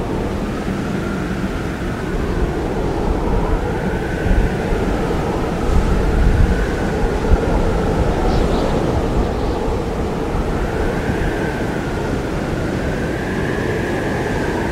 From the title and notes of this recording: Winter Snow Storm With Howling Winds Heavy Snow. An early winter snowstorm With howling winds and heavy snow.